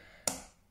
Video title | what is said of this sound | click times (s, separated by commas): LEFT HAND OPENING - Atlas quad 14 inch - 356mm friction hinge stay | can hear the click | 0.3 s